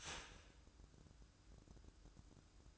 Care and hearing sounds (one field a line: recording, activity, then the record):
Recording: daily activity, microphone in the room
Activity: start toaster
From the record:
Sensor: 2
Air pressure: 1006.9 hPa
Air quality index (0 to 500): 42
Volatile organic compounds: 1 ppm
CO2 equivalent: 547 ppm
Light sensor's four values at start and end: 7/15/6/6 and 6/15/6/6